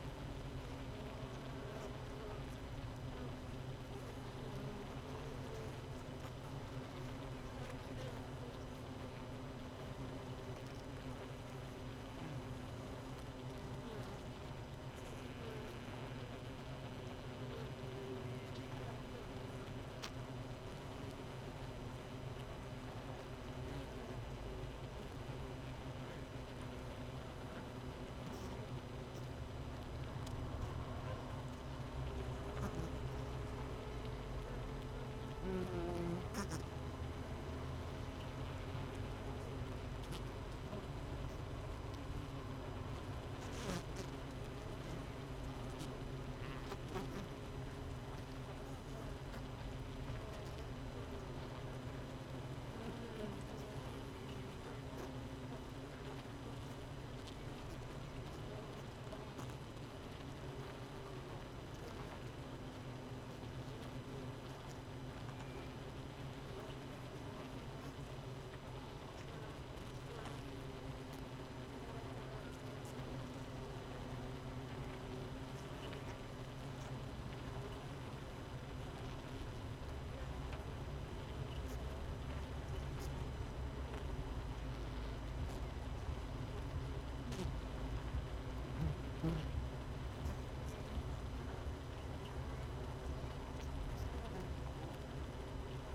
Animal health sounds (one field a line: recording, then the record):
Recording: honeybee colony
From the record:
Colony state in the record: missing queen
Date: 31 May 2018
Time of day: 18:00